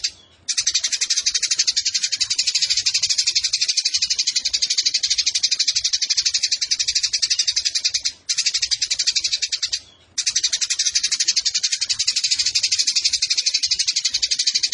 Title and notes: GEREJA TARUNG NEMBAK PANJANG SUARA JERNIH MASTERAN WAJIB BURUNG LOMBA. Burung Gereja